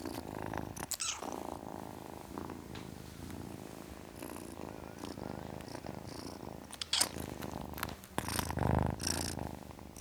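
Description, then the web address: Domestic cat purring steadily, a low throbbing rumble throughout, with occasional short rustling or handling noises. Ten-week-old kitten, purring. "BBC Sound Effects Library. Ten Week Old Kitten, Purring"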